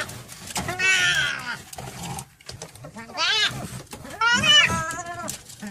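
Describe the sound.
Nutria giving three drawn-out, harmonic wailing cries, each separated by a brief quiet gap, the last one the loudest.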